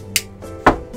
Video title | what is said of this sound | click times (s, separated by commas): Gas Blowback Edition 02-2024 Evike Box Of Awesomeness Unboxing | you hear that clicking | 0.2 s, 0.7 s